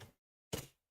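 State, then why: Seated. A small plastic piece is snapped back into a plastic bow maker tool during reassembly. A faint brief tap at the start is followed by silence, then a sharp, broadband pop at 0.5 s that decays over about a quarter second as the piece seats back in place.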